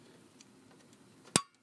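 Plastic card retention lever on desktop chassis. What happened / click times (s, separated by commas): The plastic retention lever snapped shut / 1.4 s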